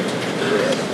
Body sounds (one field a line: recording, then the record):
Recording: background sound without coughing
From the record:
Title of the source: Office Sounds Ambience - Background Noise for Study and Work